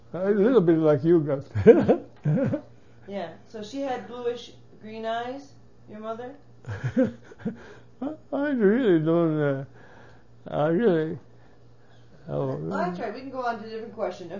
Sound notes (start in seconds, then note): 1.5 he laughs; 6.6 he laughs